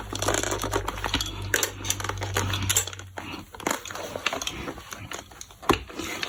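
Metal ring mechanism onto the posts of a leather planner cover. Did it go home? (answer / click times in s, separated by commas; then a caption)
no / none. A metal ring mechanism is pressed onto the fixing posts inside a leather A5 Gillio Compagna planner, with rustling handling noise, a low hum through the first three seconds, and sharp metallic knocks around 1.5, 1.6, 2.8, 4.3 and 5.7 seconds. The mechanism has not clicked onto the posts.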